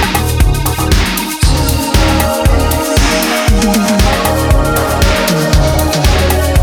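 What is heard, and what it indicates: Simulated pulsatile tinnitus: steady low thumping near 118 a minute, like two overlapping heartbeats, under a ringing tone.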